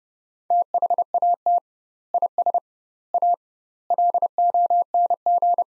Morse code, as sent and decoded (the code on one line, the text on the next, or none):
- .... .- - / .. ... / .- / .-.. --- -. --.
THAT IS A LONG